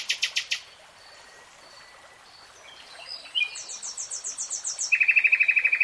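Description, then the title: Nightingale song: quick rattled notes, a pause with faint sounds, then high repeated chirps and a fast, loud, even trill building to the end. Nightingale singing, recorded in real time. "[Tiếng chim hót] REALTIME Nightingale Singing"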